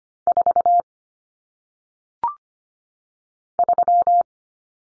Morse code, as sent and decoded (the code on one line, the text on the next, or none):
....- / ...--
4 3